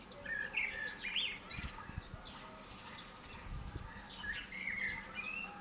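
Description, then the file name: Common blackbird song: short fluted, warbling phrases ending in thin squeaky notes. "Turdus merula"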